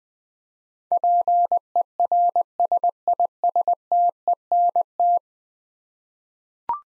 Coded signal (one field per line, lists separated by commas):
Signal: Morse code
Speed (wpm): 20 wpm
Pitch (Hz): 700 Hz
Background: none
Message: PERSISTENT